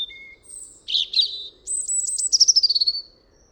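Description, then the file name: European robin song with a thin held whistle, a jumbled warble, then a high sustained note breaking into a fast descending trill. "Erithacus rubecula"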